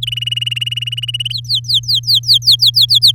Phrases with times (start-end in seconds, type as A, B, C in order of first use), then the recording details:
0.02-1.33 A, 1.34-3.12 B. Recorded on 9 May 2018 at 12:56. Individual llb16